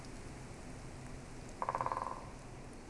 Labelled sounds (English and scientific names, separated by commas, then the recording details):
Great Spotted Woodpecker (Dendrocopos major)
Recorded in Germany
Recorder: ecoPi